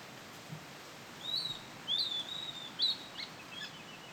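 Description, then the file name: Bird singing a loose string of thin, high whistled notes, some sliding upward, against a constant gentle hiss. Bird singing at a riverside. "Ambiente beira do rio passaro cantando cigarras longe vento com folhas"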